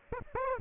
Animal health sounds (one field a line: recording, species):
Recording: mosquito wingbeat signal from an infrared sensor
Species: Aedes aegypti